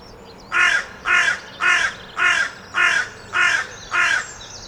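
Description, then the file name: Carrion crow repeating harsh, croaking caws, seven in a regular run roughly every 0.6 seconds. "Corvus corone"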